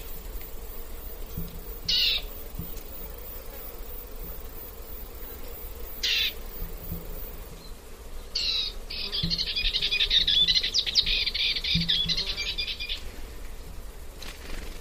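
Bird uttering three short harsh calls several seconds apart, then a longer rasping chatter lasting about four seconds, with a low constant rumble beneath.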